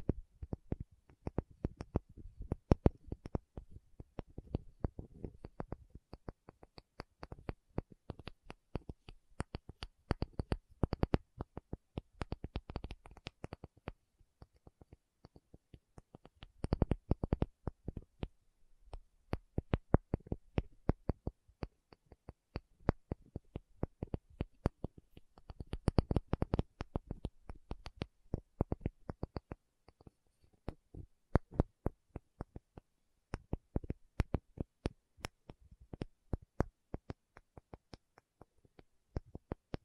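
Quick, dense tapping comes in bursts for the whole stretch, each tap crisp with a low knock, pausing briefly between flurries.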